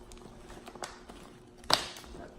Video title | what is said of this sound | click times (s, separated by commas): START A YOUTUBE CHANNEL & HOME STUDIO, LIGHTING & BACKDROP *I DO NOT OWN THE RIGHTS TO THIS MUSIC | it back until you hear it click so | 1.7 s